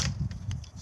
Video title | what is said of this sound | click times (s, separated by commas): 45447 Elddis 2021 Majestic 185 outside handover | then snap lever just down like so | 0.5 s